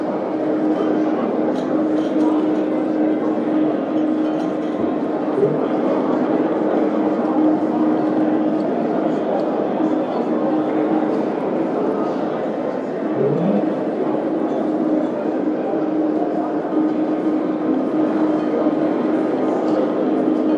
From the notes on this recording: the symphony of sounds that permeate the casino landscape